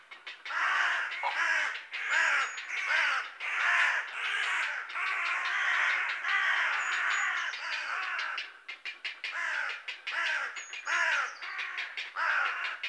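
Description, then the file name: Carrion Crow, rough grating caws in a dense, fast series, several birds overlapping, with brief thin whistled notes from another bird at times. "Corvus corone"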